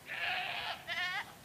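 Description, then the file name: Goat bleats twice, a longer bleat followed by a shorter one with strong harmonics, in otherwise quiet surroundings. "Ziegen"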